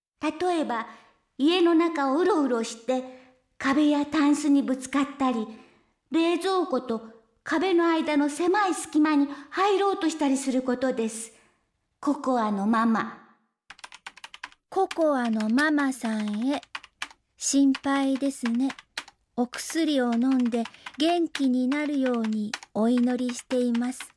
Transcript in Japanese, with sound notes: 例えば家の中をウロウロして、壁やたんすにぶつかったり、冷蔵庫と壁の間の狭いすき間に入ろうとしたりすることです。＜ココアのママ＞
（パソコン・キーをたたく音） ココアのママさんへ。心配ですね、お薬を飲んで元気になるようにお祈りしています。